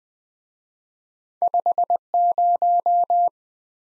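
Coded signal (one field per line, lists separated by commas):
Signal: Morse code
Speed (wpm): 20 wpm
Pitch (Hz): 700 Hz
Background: none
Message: 50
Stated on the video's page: Morse practice of two letter-number combinations, starting fast and slowing to a 15 wpm base speed, final repeat at maximum speed.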